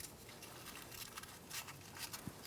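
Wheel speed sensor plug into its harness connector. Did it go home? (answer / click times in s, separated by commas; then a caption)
no / none. The plastic wheel speed sensor plug on a 2012-2018 Ford Focus is turned right side up and lined up with its harness connector before being pushed home. Only light handling sounds and faint ticks are heard. Nothing has seated or clicked yet.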